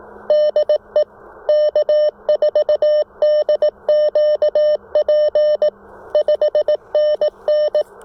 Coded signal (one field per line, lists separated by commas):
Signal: Morse code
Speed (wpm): 17 wpm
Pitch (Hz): 590 Hz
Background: none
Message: DE K4DQP 5NN